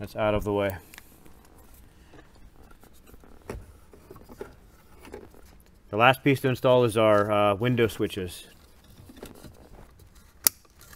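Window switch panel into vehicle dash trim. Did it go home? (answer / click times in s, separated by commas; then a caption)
yes / 10.5 s. Someone talks while installing the last piece of a Sony XAV-AX6000 plug-and-play stereo kit in a 2007–2018 Jeep Wrangler JK. The power window switch panel is pressed into its opening in the plastic lower dash trim, with faint handling ticks in between. It snaps into place with one sharp, loud click at 10.5 s.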